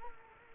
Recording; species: mosquito wingbeat signal from an infrared sensor; Culex quinquefasciatus